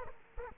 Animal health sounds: mosquito wingbeat signal from an infrared sensor; Culex quinquefasciatus

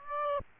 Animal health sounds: mosquito wingbeat signal from an infrared sensor; Aedes aegypti

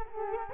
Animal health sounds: mosquito wingbeat signal from an infrared sensor; Culex quinquefasciatus

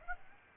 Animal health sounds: mosquito wingbeat signal from an infrared sensor; Aedes aegypti

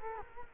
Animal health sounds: mosquito wingbeat signal from an infrared sensor; Culex quinquefasciatus

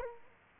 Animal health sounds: mosquito wingbeat signal from an infrared sensor; Culex quinquefasciatus

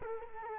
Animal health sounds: mosquito wingbeat signal from an infrared sensor; Culex quinquefasciatus

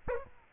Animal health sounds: mosquito wingbeat signal from an infrared sensor; Aedes aegypti

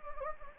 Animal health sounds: mosquito wingbeat signal from an infrared sensor; Anopheles gambiae

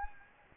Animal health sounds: mosquito wingbeat signal from an infrared sensor; Anopheles gambiae

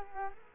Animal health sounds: mosquito wingbeat signal from an infrared sensor; Culex quinquefasciatus

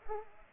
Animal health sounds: mosquito wingbeat signal from an infrared sensor; Culex pipiens

